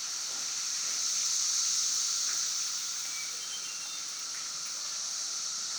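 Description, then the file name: Cicada chorus as a shimmering, hissy drone that rises and then eases. Recorded at Broken Rock Falls on 11 June 2016 at 5:12 pm. "Cicadas at Broken Rock Falls 2016-06-11 512 pm"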